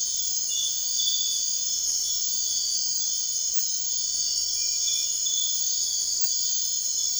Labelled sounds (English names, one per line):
none